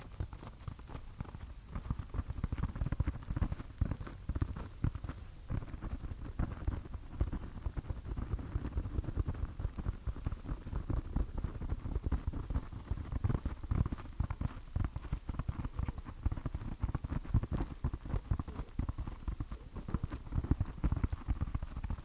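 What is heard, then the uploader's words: Sticky tapping runs throughout: a dense, unbroken patter of small, quick taps with a soft tacky quality, much like rain on a surface. The sound is weighted toward the low end, with a slight lift in activity after the first few seconds. ASMR Sticky Tapping.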